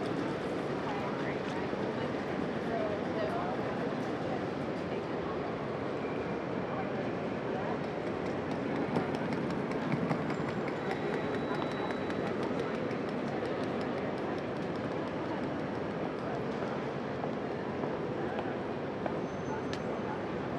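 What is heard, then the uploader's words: In a busy train station hall, a split-flap departures board clatters in quick rattling bursts over a steady, dense murmur of crowd voices. 30th Street Station, 30th and Market Streets. The Solari board at the train station that announces arrivals and departures will soon be replaced by an LED screen, which will deprive us of the ticking and tacking of its mechanical action. All recordings and Photos by Michael Lawrence.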